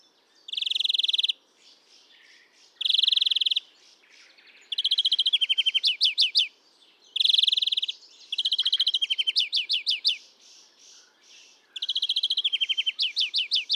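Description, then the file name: European greenfinch giving buzzy nasal notes and rapid trill series in alternating bursts, repeated throughout with little other sound. "Chloris chloris"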